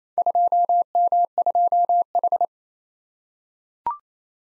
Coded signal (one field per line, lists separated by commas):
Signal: Morse code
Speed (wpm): 27 wpm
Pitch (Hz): 700 Hz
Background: none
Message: 2M2H